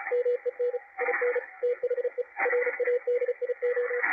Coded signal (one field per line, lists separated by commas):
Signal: Morse code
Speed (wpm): 36 wpm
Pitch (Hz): 490 Hz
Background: radio noise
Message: MEN IN THE RADIO